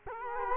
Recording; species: mosquito wingbeat signal from an infrared sensor; Culex quinquefasciatus